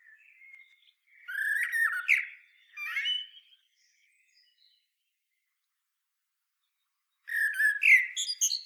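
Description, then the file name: Common blackbird song: a soft opening note, then mellow whistled warbles with squeaky tails, a long silence, and another fluted phrase ending in thin high squeaks. "Turdus merula"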